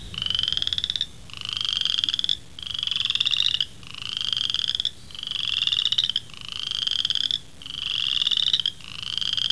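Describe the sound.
Frog giving a steady series of rapid, buzzy pulsed trills, each about a second long with brief gaps.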